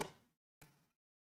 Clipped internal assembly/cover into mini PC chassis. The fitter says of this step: There is a clip on the front and the back, so you may have to exert a little bit of force to hear that click.